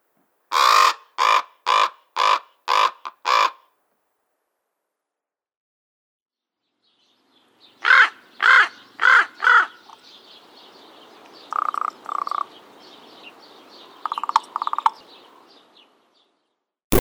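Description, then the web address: Common raven calling: six harsh caws in quick series, then after a pause more caws and further calls. "Raven"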